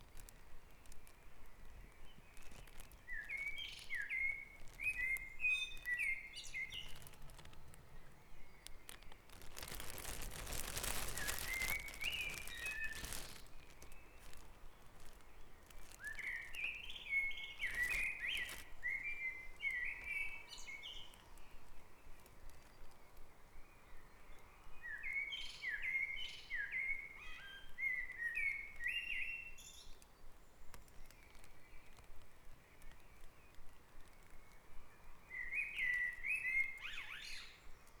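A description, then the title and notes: A dawn chorus on Back Dragon Avenue in Harrogate, led by one bird repeating a bright, warbling phrase about every eight seconds. A steady low hiss runs underneath, and around the ten-second mark a loud rushing burst covers everything for about three seconds. Dawn Chorus // Back Dragon Avenue, Harrogate.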